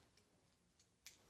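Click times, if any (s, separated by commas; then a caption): 1.1 s. A long power cable's locking connector is plugged into an LED studio light or its power supply and clicks in place. A single sharp click is heard at 1.1 seconds in an otherwise quiet stretch with a few faint ticks before it, and the connector is seated and locked.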